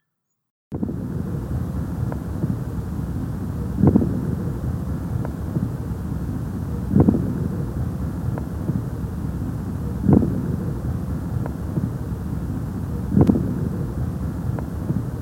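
Breath cycles repeat roughly every three seconds, about 19 a minute, over a steady rushing background. Brief, sharp clicks recur through the cycles. These are crackles (rales) from small airways and alveoli snapping open on inspiration, fine and late in interstitial lung disease, coarser in pneumonia.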